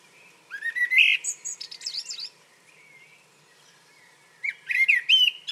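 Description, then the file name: Common blackbird song in two phrases, each opening with warbled notes that rise and fall, then breaking into high, squeaky twittering; a brief soft note sounds between them. "Turdus merula"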